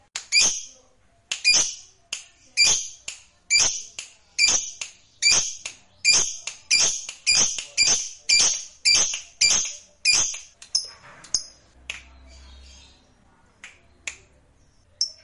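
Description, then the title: Lovebird giving a quick series of harsh, high chirps for about ten seconds, then thinning out to scattered single notes. Lovebird kept as a fighter bird, singing energetically (gacor). "Berkat SUARA Lovebird FIGHTER GACOR Ini"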